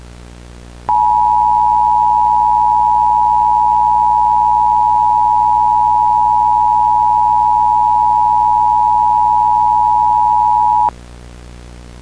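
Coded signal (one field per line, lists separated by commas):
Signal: Emergency Alert System (SAME) tones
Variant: 853 and 960 Hz attention tone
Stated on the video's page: Mock EAS tornado emergency for Lafayette, Louisiana.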